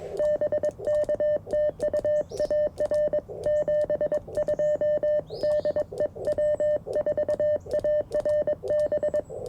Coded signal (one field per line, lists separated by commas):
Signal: Morse code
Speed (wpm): 21 wpm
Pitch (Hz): 600 Hz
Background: none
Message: BK TU AR 72 DE W4ARB